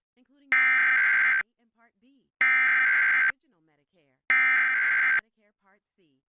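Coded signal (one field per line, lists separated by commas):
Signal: Emergency Alert System (SAME) tones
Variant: header bursts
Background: speech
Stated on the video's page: Two concurrent Hurricane Warning EAS activations on a Tampa TV station, generated by a DASDEC-II encoder.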